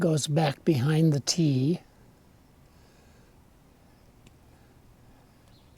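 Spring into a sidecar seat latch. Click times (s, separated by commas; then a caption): 4.3 s. Someone talks briefly, then a repaired spring is pushed back behind the tab of a Ural sidecar seat latch, made of metal parts, in near silence. At 4.3 s a single short, faint click is heard as the spring snaps into place, and the latch spring is seated.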